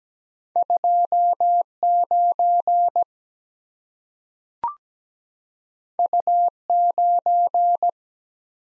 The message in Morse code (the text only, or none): 2 9 U 9